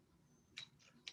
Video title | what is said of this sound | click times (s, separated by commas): Bowhunting FOC Benefits — Pro-Tracker Archery Webinar | hear that little click it stops there's a collar here on the end collar on the end | 0.6 s, 1.1 s